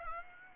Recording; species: mosquito wingbeat signal from an infrared sensor; Aedes aegypti